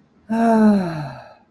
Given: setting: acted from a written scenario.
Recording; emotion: vocal sound without words; contentment